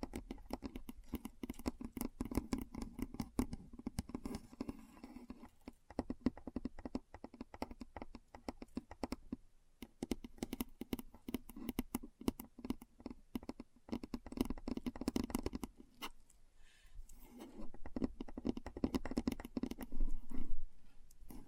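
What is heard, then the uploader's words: Keyboard keys clatter in a fast, dense stream of sharp clicks, with brief pauses near 6 and 10 seconds and again around 16 seconds. The clicks carry a low thud under a crisp top, and the typing grows louder and busier toward the end. ASMR Keyboard Sounds (No Talking).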